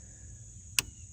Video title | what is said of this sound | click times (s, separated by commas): Mercedes Sprinter Van EGR Cleaning - Step-by-Step Guide | and hear it pop | 0.8 s